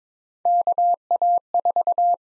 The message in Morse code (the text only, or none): KA4